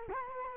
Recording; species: mosquito wingbeat signal from an infrared sensor; Culex quinquefasciatus